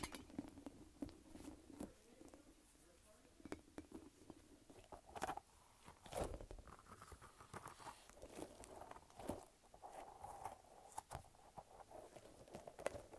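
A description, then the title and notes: A light-up spiky ball is handled and bounced, giving a string of irregular taps and soft slaps, with a few sharper hits around five, six and nine seconds. A faint low hum runs early on, shifting to a higher, wavering squeak later. ASMR Light-Up Spiky Ball.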